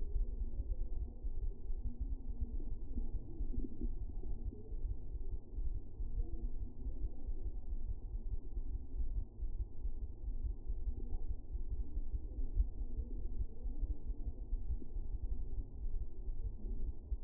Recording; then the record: fetal heart sounds by stethoscope on the mother's abdomen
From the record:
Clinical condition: for safety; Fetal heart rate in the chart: 140 bpm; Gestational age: 40 weeks